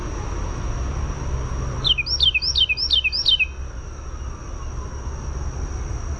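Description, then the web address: Carolina wren song: one loud burst of five fast, ringing repeated phrases, each sweeping downward, lasting about a second and a half over low background noise. "naturesounds CARW-song"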